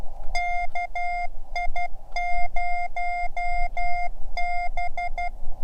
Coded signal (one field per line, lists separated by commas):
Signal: Morse code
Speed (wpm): 12 wpm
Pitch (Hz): 720 Hz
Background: none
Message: KI0B